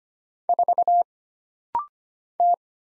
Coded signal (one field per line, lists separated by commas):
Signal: Morse code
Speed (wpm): 25 wpm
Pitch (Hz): 700 Hz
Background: none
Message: 4 T